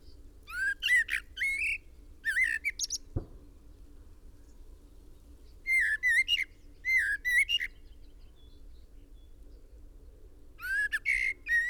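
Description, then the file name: Common blackbird producing several spaced bursts of fluty, upward-slurred notes across the recording, with a single sharp knock near three seconds and a faint hum throughout. "Turdus merula"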